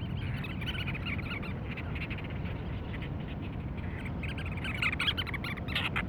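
Cape Verde storm petrel chattering, stuttering pulsed calls at the start and again near the end, over constant deep rushing noise.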